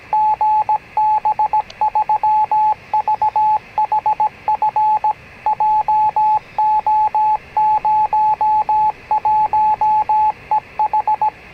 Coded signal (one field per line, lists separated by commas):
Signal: Morse code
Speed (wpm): 17 wpm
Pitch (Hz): 860 Hz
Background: radio noise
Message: GB3VHF JO01EH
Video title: 2 meter activity afternoon - 16 March 2019